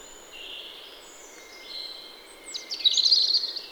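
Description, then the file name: European robin song: a thin high whistle and wavering notes, then a loud, fast, trilling flourish near the end. "Erithacus rubecula"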